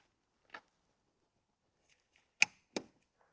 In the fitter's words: All the way till you hear the click.